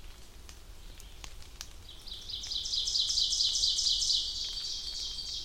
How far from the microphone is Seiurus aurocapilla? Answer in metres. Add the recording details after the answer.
about 40 m. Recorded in boreal forest in Alberta, Canada, on 2 June 2016 at 07:13. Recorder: SongMeter 3, array SBT-3-7. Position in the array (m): 44 m, 158 m. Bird 4